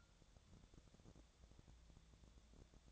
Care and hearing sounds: daily activity, microphone in the room; take from stove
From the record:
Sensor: 3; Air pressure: 999.9 hPa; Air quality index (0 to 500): 125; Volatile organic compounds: 2 ppm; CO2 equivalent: 1124 ppm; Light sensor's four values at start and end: 45/114/49/54 and 45/114/49/55

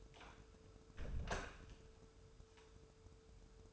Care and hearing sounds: daily activity, microphone in the room; close door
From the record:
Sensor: 2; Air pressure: 1015.0 hPa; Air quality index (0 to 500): 123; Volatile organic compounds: 4 ppm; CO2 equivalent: 1581 ppm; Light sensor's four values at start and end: 13/36/14/16 and 13/36/14/16

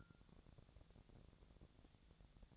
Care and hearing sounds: daily activity, microphone in the room; take from stove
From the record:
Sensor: 3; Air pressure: 999.3 hPa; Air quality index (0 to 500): 196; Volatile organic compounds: 43 ppm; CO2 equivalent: 3192 ppm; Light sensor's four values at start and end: 7/18/7/7 and 7/18/7/7

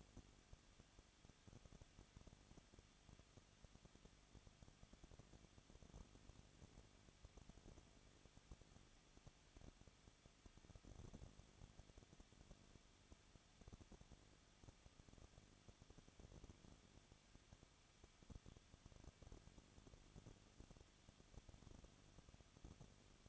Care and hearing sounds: daily activity, microphone in the room; no activity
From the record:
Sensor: 4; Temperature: 23.0 degrees Celsius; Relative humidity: 34.4%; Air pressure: 1007.3 hPa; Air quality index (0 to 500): 216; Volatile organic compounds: 15 ppm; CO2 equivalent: 2508 ppm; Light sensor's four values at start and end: 2/3/1/1 and 2/3/1/1

